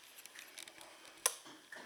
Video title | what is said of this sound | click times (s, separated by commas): Upgrading my EV AC Charger to 32 Amps 7.6 KW one 👍💚⚡ .. 20191215101451 1 1 | Makes a click, click sound. | 1.3 s